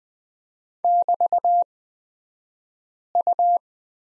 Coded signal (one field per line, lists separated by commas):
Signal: Morse code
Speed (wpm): 20 wpm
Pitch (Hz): 700 Hz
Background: none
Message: <BT>U